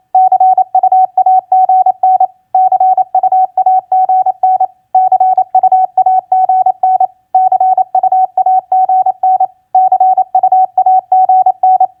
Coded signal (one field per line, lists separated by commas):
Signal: Morse code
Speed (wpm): 28 wpm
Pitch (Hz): 750 Hz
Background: none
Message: CUAGN CUAGN CUAGN CUAGN CUAGN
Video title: Morse Code Practice QSO Elements Q5e TU-FB-CUAGN 28wpm